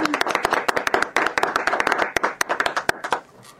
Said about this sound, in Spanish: Muchas gracias, aplausos acá, ovación.